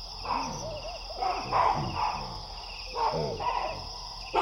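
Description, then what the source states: Repeated baboon barks, coarse and falling, at uneven intervals, over a steady background of chirping insects. Baboons roosting in a big tree at nightfall, sensing a distant predator and sounding the alarm; Wassadou, Niokolo Koba National Park, Eastern Senegal, West Africa; 13 November 2017.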